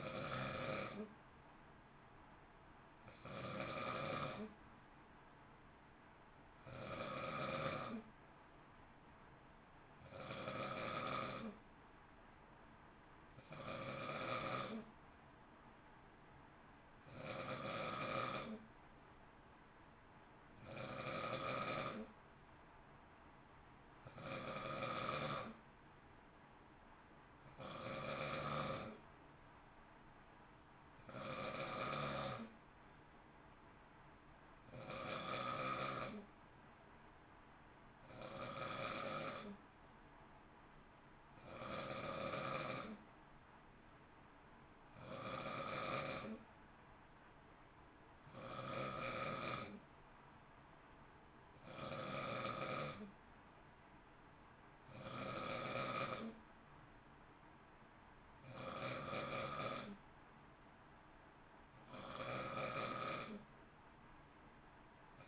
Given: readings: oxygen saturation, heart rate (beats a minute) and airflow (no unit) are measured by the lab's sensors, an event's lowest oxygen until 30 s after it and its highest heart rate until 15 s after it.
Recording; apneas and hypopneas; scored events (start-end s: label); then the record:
breathing in sleep by a voice recorder at the bedside; none
none scored
From the record:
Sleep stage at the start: N2 (light sleep); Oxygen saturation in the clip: 91 to 93%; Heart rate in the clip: 55 to 58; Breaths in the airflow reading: 23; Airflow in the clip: -0.8 to 0.8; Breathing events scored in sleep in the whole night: 328 in 6.3 hours asleep